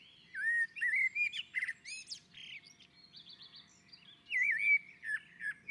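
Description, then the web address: Common blackbird song of varied fluted and warbling notes running into thin squeaky twitters, with a short pause before another loud whistled phrase. Singing on a roof. "Naturinspelningar Koltrast på taket"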